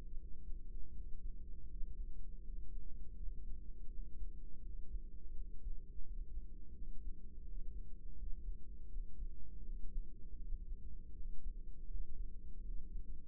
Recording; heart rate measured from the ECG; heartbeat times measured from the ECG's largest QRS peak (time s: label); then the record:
heart sounds by microphone in the right ear; 82 bpm
0.18 s: heartbeat
0.93 s: heartbeat
1.67 s: heartbeat
2.42 s: heartbeat
3.17 s: heartbeat
3.90 s: heartbeat
4.62 s: heartbeat
5.34 s: heartbeat
6.05 s: heartbeat
6.75 s: heartbeat
7.45 s: heartbeat
8.16 s: heartbeat
8.89 s: heartbeat
9.63 s: heartbeat
10.38 s: heartbeat
11.13 s: heartbeat
11.88 s: heartbeat
12.62 s: heartbeat
From the record:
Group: healthy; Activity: breath hold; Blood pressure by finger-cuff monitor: 94/57 mmHg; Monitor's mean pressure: 71 mmHg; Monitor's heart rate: 81 bpm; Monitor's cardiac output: 6.8 L/min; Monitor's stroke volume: 84 mL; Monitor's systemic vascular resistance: 750 dyn s/cm5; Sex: female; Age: 24 years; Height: 163 cm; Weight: 55.7 kg